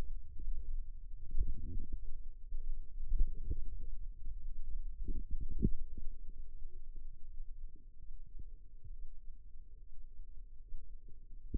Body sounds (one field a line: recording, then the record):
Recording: forearm muscle sounds (acoustic myography)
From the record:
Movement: ulnar deviation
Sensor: system 2, bracelet of six BSWA MPA416 microphones around the upper forearm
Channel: 6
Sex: female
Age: 22 years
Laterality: right